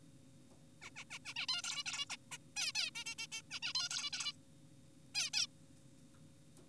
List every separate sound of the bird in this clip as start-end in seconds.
0.82-0.90, 0.96-1.04, 1.11-1.19, 1.25-1.34, 1.36-1.46, 1.49-1.62, 1.64-1.84, 1.86-2.06, 2.10-2.17, 2.32-2.38, 2.56-2.72, 2.75-2.90, 2.95-3.04, 3.06-3.15, 3.18-3.27, 3.32-3.42, 3.51-3.60, 3.63-3.73, 3.75-3.89, 3.91-4.10, 4.13-4.33, 5.15-5.30, 5.34-5.47